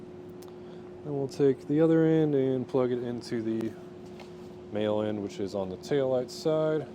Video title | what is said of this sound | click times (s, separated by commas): etrailer - How to Install the Curt T-Connector Vehicle Wiring Harness - 2020 Hyundai Ioniq | Just push that till it clicks. | 0.4 s